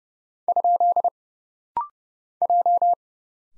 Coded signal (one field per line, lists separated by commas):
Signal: Morse code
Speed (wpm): 31 wpm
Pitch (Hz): 700 Hz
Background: none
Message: ? J